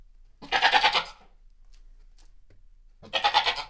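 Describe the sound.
Goat giving two loud, wavering, rough bleats about two and a half seconds apart, each trembling with rapid pulses, separated by near silence.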